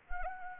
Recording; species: mosquito wingbeat signal from an infrared sensor; Anopheles arabiensis